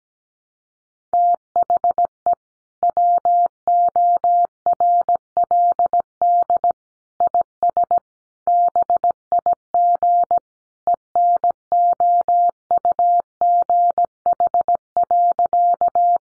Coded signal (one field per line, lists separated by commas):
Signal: Morse code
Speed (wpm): 17 wpm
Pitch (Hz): 700 Hz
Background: none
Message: THE WORLD IS BIG ENOUGH.